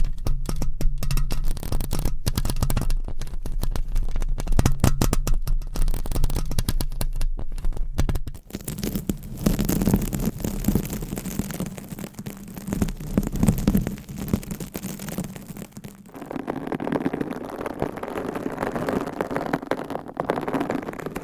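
Rough scratching and rubbing against a microphone cover, with dense, rapid crackling strokes for the first eight seconds. After that the sound turns softer and more muffled, a steady low rustling with brief louder swells, then a brighter, airier brushing from about sixteen seconds on.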